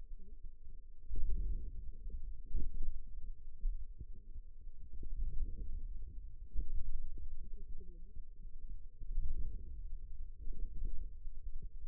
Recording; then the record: forearm muscle sounds (acoustic myography)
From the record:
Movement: wrist extension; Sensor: system 2, bracelet of six BSWA MPA416 microphones around the upper forearm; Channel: 3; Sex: female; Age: 21 years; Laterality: right